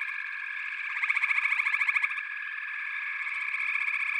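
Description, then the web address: Frogs trilling in chorus, a burst of loud rapid pulses in the middle standing out above a steady high-pitched hum of many callers. "The Natural Sounds of the Wilderness. Echoes of Nature - Frog Chorus"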